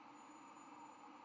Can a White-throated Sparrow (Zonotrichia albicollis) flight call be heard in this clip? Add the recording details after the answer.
no. No flight call is heard. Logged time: 04:20 on 13 November 2014